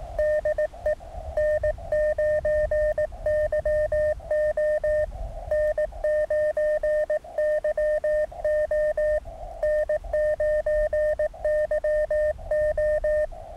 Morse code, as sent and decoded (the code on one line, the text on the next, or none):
-.. . / -. ----. -.-- --- / -. ----. -.-- --- / -. ----. -.-- ---
DE N9YO N9YO N9YO